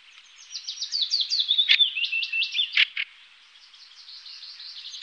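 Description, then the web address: Fieldfare chattering song: a burst of squeaky, scratchy twittering notes in the middle, fading into faint high chatter afterwards. "Faglar Sound Bjorktrast"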